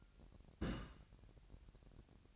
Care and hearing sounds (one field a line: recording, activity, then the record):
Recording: daily activity, microphone in the room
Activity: place on stove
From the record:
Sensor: 2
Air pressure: 1011.9 hPa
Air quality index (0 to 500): 194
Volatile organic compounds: 3 ppm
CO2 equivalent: 1375 ppm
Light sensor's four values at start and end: 75/178/73/71 and 75/178/74/71